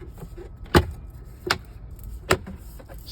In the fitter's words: snaps in place and now i gotta put the three screws which is one two three